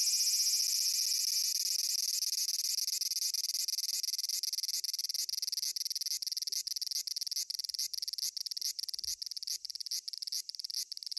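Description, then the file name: Cicada producing a loud, continuous high buzz that gradually breaks into separate rapid pulses, with a soft low thump near the end. "cicada abra"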